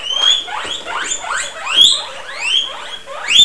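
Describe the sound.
Animal calls: squeaky chirps that sweep upward, some ending in sharp high tips. Several come in quick succession, each lasting a fraction of a second.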